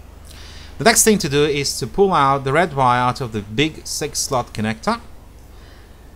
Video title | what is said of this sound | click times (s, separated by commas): Neo 7M GPS with Compass Connection to MultiWii and Megapirate AIO Hobbyking Flight Controller | i'm pushing it in until it clicks | 0.3 s